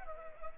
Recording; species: mosquito wingbeat signal from an infrared sensor; Culex pipiens